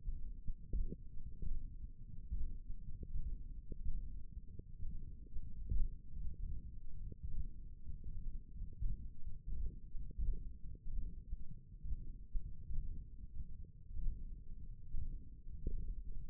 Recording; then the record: forearm muscle sounds (acoustic myography)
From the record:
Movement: hand closing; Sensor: system 1, eight BSWA MPA416 microphones around the upper forearm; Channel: 1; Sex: male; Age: 23 years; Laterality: right